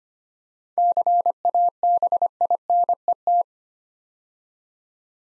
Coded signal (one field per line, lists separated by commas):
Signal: Morse code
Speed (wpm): 25 wpm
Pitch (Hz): 700 Hz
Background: none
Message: CABINET